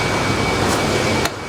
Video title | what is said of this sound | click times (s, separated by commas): Abandoned Power Wagon gets roadworthy after sitting 22 years! | oh I heard it click | 1.3 s